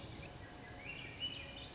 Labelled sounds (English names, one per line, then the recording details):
Swainson's Thrush
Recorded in Sonoma County, California